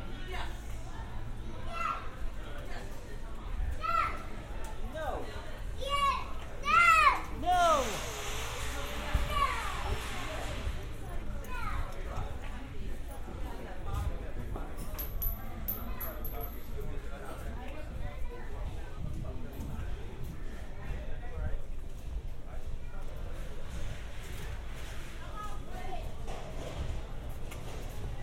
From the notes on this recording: A binaural field recording of shopping at a hardware store in New Rochelle.